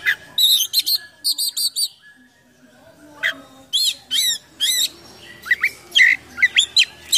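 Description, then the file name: Oriental magpie-robin song of quick chirp bursts, a short pause, then loud whistled phrases and rising slurred notes. Full, continuous 'gacor' song packed with imitations of other sounds ('full isian mewah'). "KACER GACOR FULL ISIAN MEWAH"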